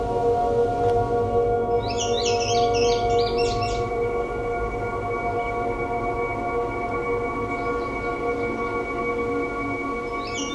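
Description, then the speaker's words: Indigo Bunting song, a two-second run of paired high notes, repeated in brief faint traces later, over a steady low hum. Male song, lengthy and complex; common summer breeder in southern Ontario in open areas with low shrubs near woodlands; mnemonic fire, fire, where, where, here, here, put it out, put it out. "The song of the male indigo bunting is lengthy and complex and is best learned through listening and memorizing the song."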